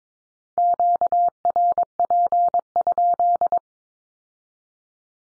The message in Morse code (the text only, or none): QRP?